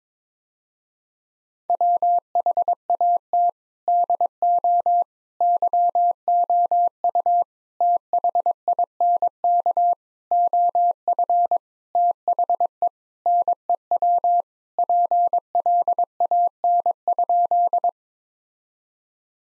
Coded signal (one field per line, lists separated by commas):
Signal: Morse code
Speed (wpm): 21 wpm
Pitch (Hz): 700 Hz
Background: none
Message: WHAT DO YOU THINK OF THE NEW PLAN?